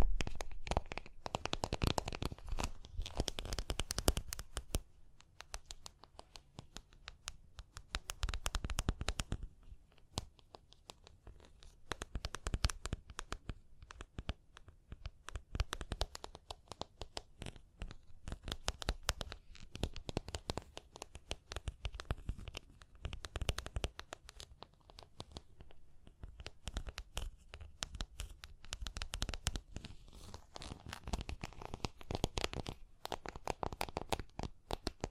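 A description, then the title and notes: Tapping and scratching go on throughout, a dense run of sharp clicks and rough rasps with no steady beat. Louder, busier bursts come near the start, around 9 seconds and again near 25 seconds, with quieter, sparser stretches between. Tapping and Scratching (No Talking).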